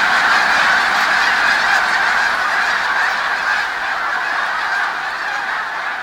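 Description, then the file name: Snow goose: snow geese in a loud massed chorus, countless overlapping nasal honks merging into a constant roar that eases slightly toward the end. Flock of snow geese taking off. "Sherk Scott Snow Geese take-off"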